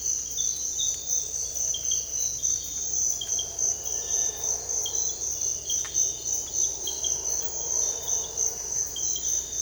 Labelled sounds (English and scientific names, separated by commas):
none